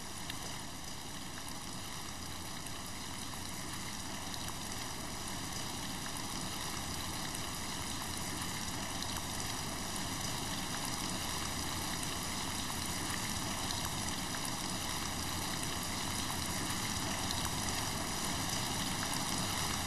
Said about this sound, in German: Aber dann müssen sie hinaus und draußen ist Regen.